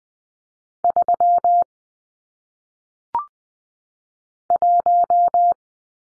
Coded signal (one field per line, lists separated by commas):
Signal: Morse code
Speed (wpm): 20 wpm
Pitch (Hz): 700 Hz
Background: none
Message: 3 1